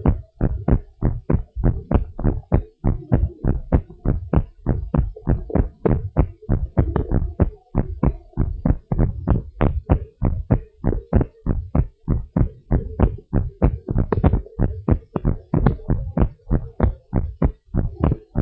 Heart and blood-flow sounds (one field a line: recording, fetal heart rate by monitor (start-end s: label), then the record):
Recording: heart sounds of a pregnant woman by stethoscope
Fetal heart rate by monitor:
no fetal heartbeat
From the record:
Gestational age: 36 weeks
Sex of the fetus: boy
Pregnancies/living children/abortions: 2/1/0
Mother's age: 30 years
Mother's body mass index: 37.9